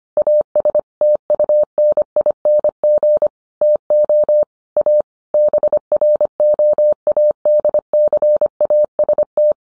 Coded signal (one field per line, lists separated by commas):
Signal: Morse code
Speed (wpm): 25 wpm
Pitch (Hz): 600 Hz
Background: none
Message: AS TUNING TO A BROADCAST